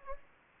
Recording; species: mosquito wingbeat signal from an infrared sensor; Anopheles gambiae